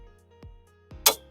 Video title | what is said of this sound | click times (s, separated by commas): Can a Portable Scooter Be This Powerful? SuperHandy Explorer Full Review | And then it folds in like this. And you'll hear it click | 1.1 s